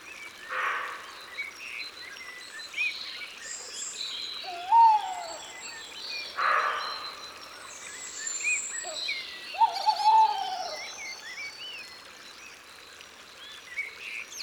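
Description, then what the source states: Tawny owl calls: two sharp descending notes about five seconds apart, with brief harsh bursts and faint chirping of other birds in the background. Calls recorded in Isère, France.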